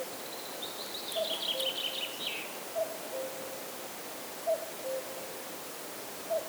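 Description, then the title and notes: Common cuckoo giving descending two-note calls, cu-coo three times then a fourth starting, with a high warbling songbird phrase in the first seconds. Near the Laya river, Arkhangelsk Region, Russia; recorded on a Zoom H4n. "кукушка, в районе реки Лая."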